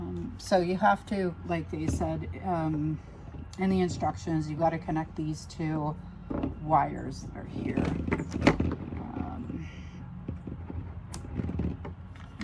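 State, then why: Seated. While someone talks, two plastic wire harness connector halves on the back half of a keyless RV door lock are joined by hand and pushed together. A sharp snap at 11.1 s marks the connector seating into its mating connector, followed by a few softer handling clicks.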